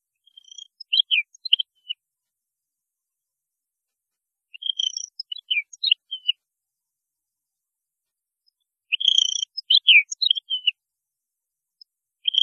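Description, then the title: European goldfinch song in three short twittering phrases about every four and a half seconds, each a mix of high chirps and rolling notes, and the start of a fourth at the end. "Chant Chardonneret"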